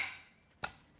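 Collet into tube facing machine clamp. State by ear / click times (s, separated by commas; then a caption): seated / 0.6 s. A 3-inch collet is pressed by hand, with no screws, into the clamp of a Donut Tools TSM-4500 benchtop tube facing machine. A fading bright rustle at the start gives way to a single sharp tick at 0.6 s as the collet snaps into place and is seated.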